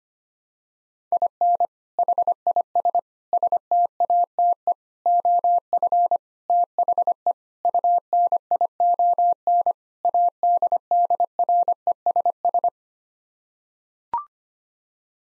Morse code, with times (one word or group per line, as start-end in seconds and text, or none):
1.1-1.7 IN
2.0-3.0 HIS
3.3-4.7 STATE
5.1-6.2 OF
6.5-7.3 THE
7.7-9.7 UNION
10.1-12.7 ADDRESS